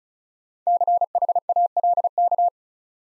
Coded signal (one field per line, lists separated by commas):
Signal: Morse code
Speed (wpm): 35 wpm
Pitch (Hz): 700 Hz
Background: none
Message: CHALK